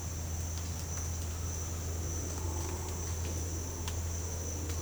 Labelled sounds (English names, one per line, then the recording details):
none
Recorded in dense forest near Puerto Asís, Putumayo, Colombia, on 22 December 2024 at 07:30
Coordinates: 0.481, -76.323
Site G100